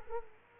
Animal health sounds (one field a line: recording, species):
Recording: mosquito wingbeat signal from an infrared sensor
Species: Culex quinquefasciatus